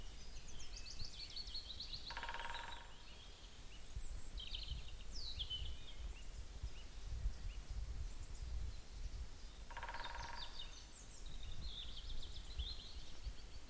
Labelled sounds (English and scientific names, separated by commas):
Willow Warbler (Phylloscopus trochilus)